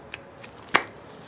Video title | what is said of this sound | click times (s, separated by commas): A MAN CLEANS A SINK! | like that make sure it clicks | 0.8 s